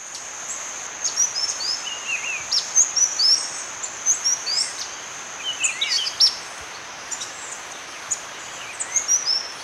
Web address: Natures Songs S America Birds of Ecuador White-winged Tanager